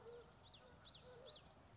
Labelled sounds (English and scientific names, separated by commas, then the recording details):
Common Yellowthroat (Geothlypis trichas)
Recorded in Sonoma County, California